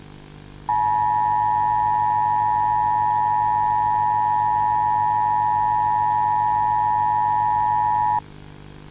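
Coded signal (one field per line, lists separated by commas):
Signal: Emergency Alert System (SAME) tones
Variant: 853 and 960 Hz attention tone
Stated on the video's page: Fictional EAS scenario containing valid SAME Emergency Alert System tones.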